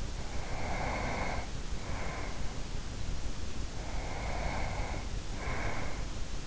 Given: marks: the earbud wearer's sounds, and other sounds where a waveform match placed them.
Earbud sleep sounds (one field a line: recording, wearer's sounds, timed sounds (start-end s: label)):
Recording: sounds in sleep by an in-ear microphone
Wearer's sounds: breath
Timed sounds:
0.30-2.66 s: breath
3.73-6.25 s: breath